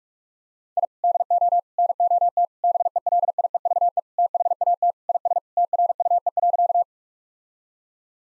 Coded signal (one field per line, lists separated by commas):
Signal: Morse code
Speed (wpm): 42 wpm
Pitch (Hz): 700 Hz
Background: none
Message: I DO NOT BELIEVE THAT IS TRUE.